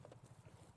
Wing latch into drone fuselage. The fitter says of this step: So that's the click done, and then we put the carbon tube back.